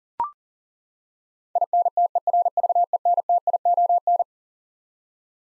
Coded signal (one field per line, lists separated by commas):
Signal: Morse code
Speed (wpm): 40 wpm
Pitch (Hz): 700 Hz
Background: none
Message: INTERVENTION